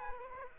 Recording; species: mosquito wingbeat signal from an infrared sensor; Aedes aegypti